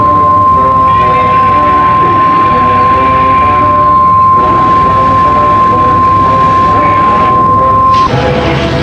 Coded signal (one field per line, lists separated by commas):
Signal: Emergency Alert System (SAME) tones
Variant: 1050 Hz attention tone